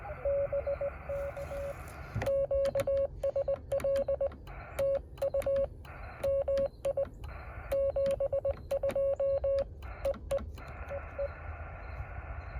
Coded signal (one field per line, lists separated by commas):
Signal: Morse code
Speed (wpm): 20 wpm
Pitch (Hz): 550 Hz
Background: radio noise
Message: BK QSL TU MI 72 EE EE